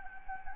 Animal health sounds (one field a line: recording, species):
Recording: mosquito wingbeat signal from an infrared sensor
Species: Anopheles gambiae